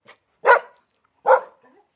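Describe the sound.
Dog barking: two sharp, loud barks less than a second apart.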